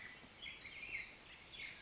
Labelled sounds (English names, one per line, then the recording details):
Black-headed Grosbeak
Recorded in Sonoma County, California